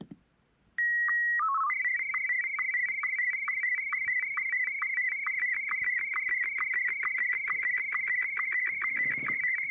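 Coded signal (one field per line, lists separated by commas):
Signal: SSTV (slow-scan television)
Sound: steady high leader tone, short low chirpy code, then fast warbling tones with regular ticks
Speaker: So, I think you can already tell what's going to happen when I start it.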